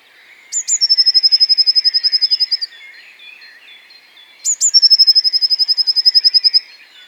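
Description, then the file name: Eurasian blue tit calling twice: high piping notes introduce a fast trill lasting about two seconds, with soft chirping in the background. "Cyanistes caeruleus"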